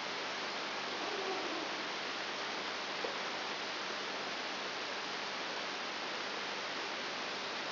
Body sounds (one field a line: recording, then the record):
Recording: brain microelectrode recording played as sound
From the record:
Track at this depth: inside the subthalamic nucleus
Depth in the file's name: 0.902 mm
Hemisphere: right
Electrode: 3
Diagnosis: Parkinson's disease